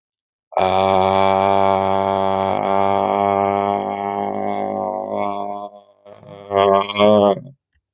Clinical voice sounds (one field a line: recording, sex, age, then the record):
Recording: vowel held as long as possible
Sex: male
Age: 40 to 49 years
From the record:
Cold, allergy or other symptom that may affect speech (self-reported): no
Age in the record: 48 years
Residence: California, United States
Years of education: 18